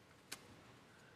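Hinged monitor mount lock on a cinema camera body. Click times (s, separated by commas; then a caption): 0.3 s. The redesigned, sturdier hinged monitor/handle assembly on a Canon EOS C80 cinema camera is swung into position until its small locking mechanism engages; the lock works in either orientation. A single sharp, bright snap is heard at 0.3 s against a quiet, steady background. The hinge lock seats.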